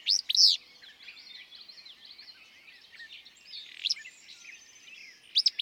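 Willow flycatcher song: three quick, burry two-part phrases at the start, middle and end, against constant background birdsong.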